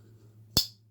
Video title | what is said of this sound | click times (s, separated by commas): Otter Mercator | definitely can hear when it closes that's | 0.6 s